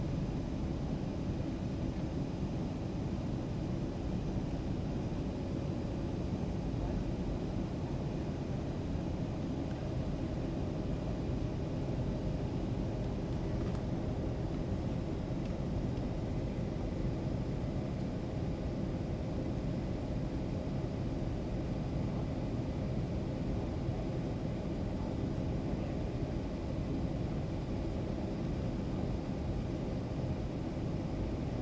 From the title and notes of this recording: The sounds of a flight from San Francisco International Airport to Phoenix Sky Harbor International Airport. A subtle hum of the engines and the occasional announcement from the flight crew.